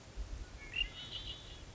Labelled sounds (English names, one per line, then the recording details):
Red-winged Blackbird
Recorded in Sonoma County, California